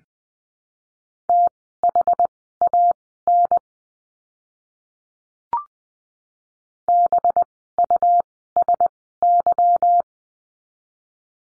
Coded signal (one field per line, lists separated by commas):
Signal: Morse code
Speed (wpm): 20 wpm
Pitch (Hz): 700 Hz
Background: none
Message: THAN BUSY